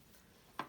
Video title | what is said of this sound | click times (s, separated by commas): 🇵🇭CAMP BIG FALCON.Voltes V DX. Unboxing & Assembly with Review. SOUL OF CHOGOKIN VOLT-IN-BOX | and there you go. It just snapped into place | 0.6 s